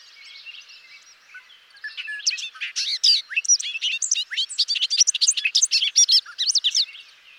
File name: Bobolink